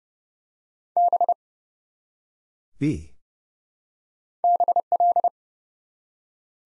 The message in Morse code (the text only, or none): B BL